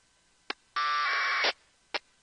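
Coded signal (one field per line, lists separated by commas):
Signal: packet radio (AX.25, as in APRS)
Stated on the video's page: Local APRS on 144.390 MHz NFM, received with an RTL-SDR using an 11400 Hz filter bandwidth and squelch 50, used to monitor local radio propagation.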